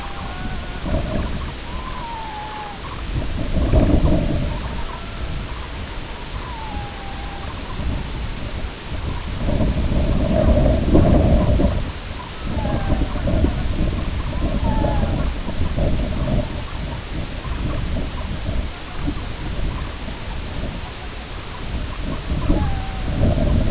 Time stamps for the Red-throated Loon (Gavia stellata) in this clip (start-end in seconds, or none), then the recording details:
0.00-0.83, 1.58-2.73, 4.67-5.51, 6.38-7.51, 12.46-13.15, 14.24-15.16, 22.47-23.19. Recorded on Arctic tundra, site IGLO-B, on 21 June 2018. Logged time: 09:59